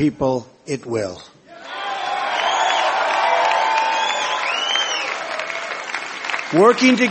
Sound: applause

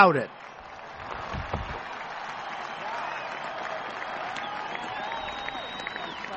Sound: applause

